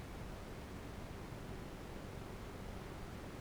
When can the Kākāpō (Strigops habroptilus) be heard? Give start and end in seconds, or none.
none